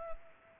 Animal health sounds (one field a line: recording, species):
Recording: mosquito wingbeat signal from an infrared sensor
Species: Culex pipiens